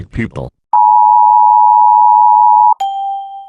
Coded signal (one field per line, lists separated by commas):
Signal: Emergency Alert System (SAME) tones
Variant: 853 and 960 Hz attention tone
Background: speech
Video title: EAS Scenario Sins: REVIVED - Episode 3: H2Overflow